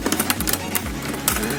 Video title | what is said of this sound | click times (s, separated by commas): Tutorial cara ganti keyboard Notebook Asus eeePC 1015, B, BX, CX, P, PX, PW, 1025 - Error ganti Baru | Lalu, sampai terdengar bunyi klik, klik, klik. | 0.3 s, 1.3 s